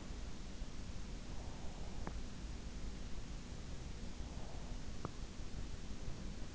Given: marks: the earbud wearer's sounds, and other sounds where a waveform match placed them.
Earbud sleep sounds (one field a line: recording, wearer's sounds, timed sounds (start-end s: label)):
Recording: sounds in sleep by an in-ear microphone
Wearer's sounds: teeth grinding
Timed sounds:
1.84-2.30 s: teeth grinding
4.73-5.40 s: teeth grinding